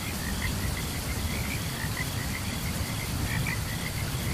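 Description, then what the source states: Frogs give short, bright notes in rapid irregular series, backed by a continuous high buzz and rain noise. Frogs calling together with chirping crickets during a thunderstorm.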